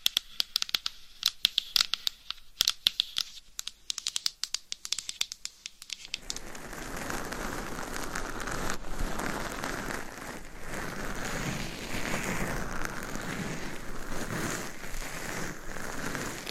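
Quick, sharp taps and clicks come in an uneven scatter for the first six seconds, bright and separated by quiet gaps. Then a steady, dense scratching takes over, a rough crinkly rubbing that swells and eases slightly until the end.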